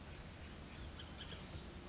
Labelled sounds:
Bullock's Oriole (Icterus bullockii)
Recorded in Sonoma County, California

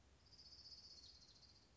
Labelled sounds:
Orange-crowned Warbler (Leiothlypis celata)
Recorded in Sonoma County, California

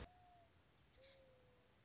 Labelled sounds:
Mourning Dove (Zenaida macroura)
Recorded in Sonoma County, California

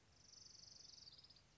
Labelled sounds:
Orange-crowned Warbler (Leiothlypis celata)
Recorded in Sonoma County, California

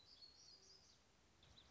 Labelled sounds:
Black-throated Gray Warbler (Setophaga nigrescens)
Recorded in Sonoma County, California

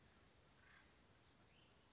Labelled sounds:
Acorn Woodpecker (Melanerpes formicivorus)
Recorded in Sonoma County, California

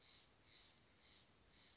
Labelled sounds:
Steller's Jay (Cyanocitta stelleri)
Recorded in Sonoma County, California

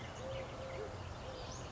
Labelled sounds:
Western Flycatcher (Empidonax difficilis)
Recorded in Sonoma County, California

